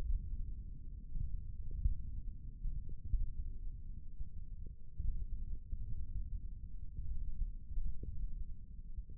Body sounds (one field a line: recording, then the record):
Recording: forearm muscle sounds (acoustic myography)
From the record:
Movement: index flexion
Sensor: system 1, eight BSWA MPA416 microphones around the upper forearm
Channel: 1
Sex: male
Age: 20 years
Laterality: left